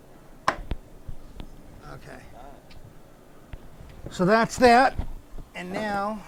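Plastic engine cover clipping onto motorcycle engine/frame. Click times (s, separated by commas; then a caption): 0.5 s. A plastic cover over the water pump wiring on a Harley motorcycle is pushed back into place and snaps in with a sharp click at 0.5 s, followed by a few faint ticks. Someone then talks. The cover is seated.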